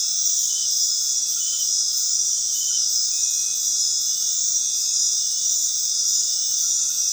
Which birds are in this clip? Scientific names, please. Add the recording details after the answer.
none. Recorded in dense forest near Puerto Asís, Putumayo, Colombia, on 20 February 2024 at 21:30. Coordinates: 0.499, -76.324. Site G6469